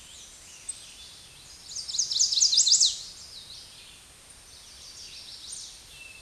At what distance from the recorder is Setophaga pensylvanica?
about 5 m